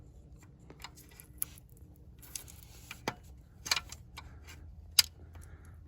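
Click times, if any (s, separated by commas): 5.0 s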